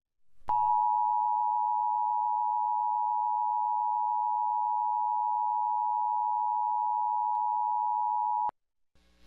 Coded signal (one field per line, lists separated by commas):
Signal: Emergency Alert System (SAME) tones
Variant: 853 and 960 Hz attention tone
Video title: FOX56 EAS During "Maury Show" (6/19/17)